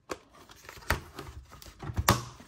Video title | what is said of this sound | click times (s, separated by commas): Matchbox Action Drivers Police Station Dispatch Playset (New for 2022) | oh like that again once you hear that click you know you've assembled it correctly so again | 2.1 s